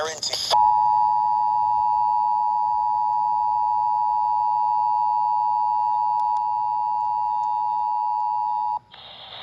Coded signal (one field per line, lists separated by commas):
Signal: Emergency Alert System (SAME) tones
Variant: 853 and 960 Hz attention tone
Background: speech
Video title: New Jersey Required Monthly Test on 4 stations (November 21, 2023) (EAS #932-EAS #936)